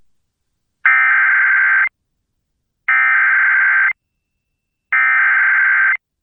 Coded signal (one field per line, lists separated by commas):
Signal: Emergency Alert System (SAME) tones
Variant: header bursts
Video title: EAS #1205: EAS Flash Flood Warning- June 29, 2026- 6:49PM PDT